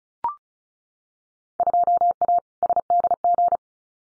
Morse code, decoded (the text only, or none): 2A SDG